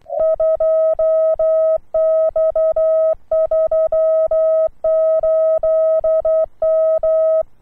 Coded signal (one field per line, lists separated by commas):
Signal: Morse code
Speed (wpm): 10 wpm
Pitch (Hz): 640 Hz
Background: none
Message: 2X38 M